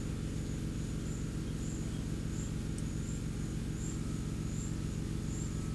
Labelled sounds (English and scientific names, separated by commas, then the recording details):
none
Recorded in pastures near Puerto Asís, Putumayo, Colombia, on 19 March 2025 at 11:00
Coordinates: 0.505, -76.324
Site GP08